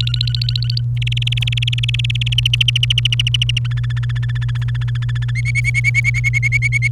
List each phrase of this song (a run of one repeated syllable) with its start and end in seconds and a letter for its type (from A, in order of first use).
0.00-0.80 A, 0.96-2.34 B, 2.38-3.58 C, 3.65-5.31 D, 5.35-6.88 E